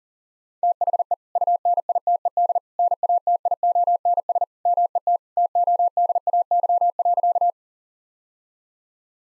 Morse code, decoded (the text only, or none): THE UNITED NATIONS MET TODAY.